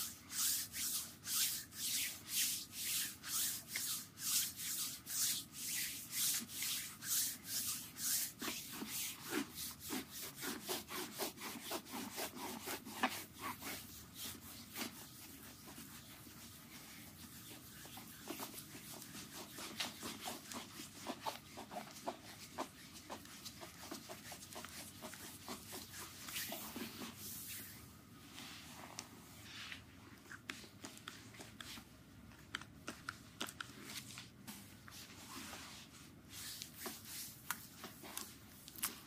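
Hands rub lotion into a foot in quick, regular strokes, each a soft bright swish, packed densely through the first half. After about fifteen seconds the rubbing turns quieter and looser, with occasional sharper slippery strokes near the end.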